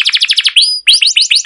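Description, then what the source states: Canary song: a fast series of repeated rising chirps, then a long clear whistle and a sliding note, followed by more quick upswept chirps. Long rolling 'ngerol' song in a continuous, vigorous 'gacor' style, used as a lure recording to prompt other canaries to sing; also presented as a children's animal-sound lesson.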